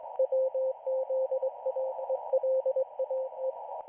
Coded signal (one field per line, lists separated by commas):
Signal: Morse code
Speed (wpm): 21 wpm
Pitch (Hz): 520 Hz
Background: radio noise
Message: WZAELAE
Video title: Israeli Navy Radiostation 4XZ (Morse Code)